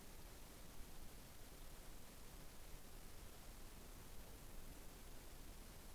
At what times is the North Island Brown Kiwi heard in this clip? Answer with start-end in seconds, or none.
none